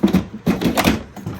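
A 60V lithium battery pack is slid by hand into the plastic battery compartment of a cordless Toro SnowMaster 60V battery-operated snow blower. Short knocks and scraping handling sounds are heard, with sharper bumps near 0.0, 0.8 and 1.2 seconds. Nothing has seated or clicked yet.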